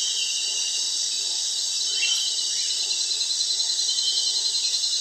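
Crickets in a dense, steady high-pitched chorus of shrill trilling, unbroken throughout, with faint soft chirps from another caller below.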